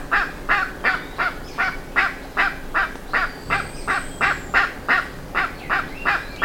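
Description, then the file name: Bird uttering a long, even run of rough, nasal calls, close to three per second, with a soft high whistle briefly. "SABIOD 50 bird 2015"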